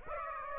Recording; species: mosquito wingbeat signal from an infrared sensor; Aedes aegypti